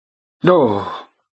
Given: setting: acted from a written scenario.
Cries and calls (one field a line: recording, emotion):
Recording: vocal sound without words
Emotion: negative surprise